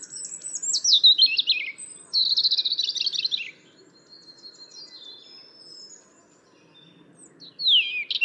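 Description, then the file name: European robin singing high, thin warbled phrases that tumble downward, a quieter stretch of soft notes, then a fresh sweeping phrase at the end. "Erithacus rubecula"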